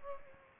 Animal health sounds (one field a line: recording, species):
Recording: mosquito wingbeat signal from an infrared sensor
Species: Culex pipiens